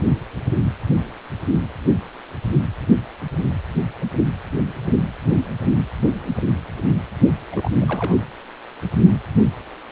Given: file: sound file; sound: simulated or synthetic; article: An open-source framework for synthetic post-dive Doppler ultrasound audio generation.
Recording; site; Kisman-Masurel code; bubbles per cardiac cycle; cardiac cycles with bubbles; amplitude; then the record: Doppler ultrasound audio after a dive; precordial; 211; several, 3–8; 1–10%; barely perceptible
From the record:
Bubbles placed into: full cardiac cycles